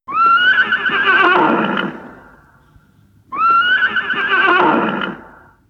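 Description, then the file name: Horse neighing twice, each a loud, wavering whinny of about two seconds that fades away, with a short pause between the calls. "Sound Effects Factory - Horse Neighs"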